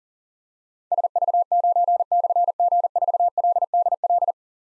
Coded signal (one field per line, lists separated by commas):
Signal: Morse code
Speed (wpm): 38 wpm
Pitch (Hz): 700 Hz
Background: none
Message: SV9/G4LDL